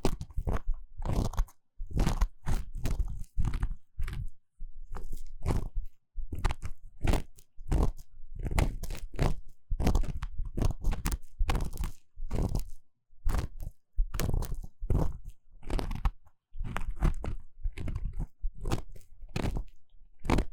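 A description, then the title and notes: Dry crunching and crackling from ear cleaning. Bursts come in quick irregular clusters every second or so, split by brief silences, each one sharp and gritty with a low thump beneath. Nothing else sounds in the background. ASMR 3Dio 耳掃除 귀 청소 | Ear Cleaning | No Talking.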